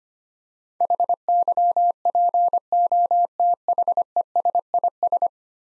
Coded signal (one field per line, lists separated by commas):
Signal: Morse code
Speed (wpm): 25 wpm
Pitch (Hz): 700 Hz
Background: none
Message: HYPOTHESIS